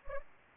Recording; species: mosquito wingbeat signal from an infrared sensor; Anopheles gambiae